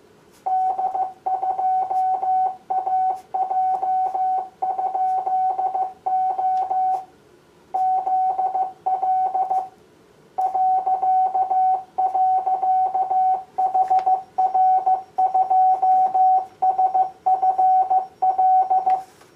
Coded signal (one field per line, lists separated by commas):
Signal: Morse code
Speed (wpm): 14 wpm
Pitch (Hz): 750 Hz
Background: none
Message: D2AJ?O ZL ..HR2SFL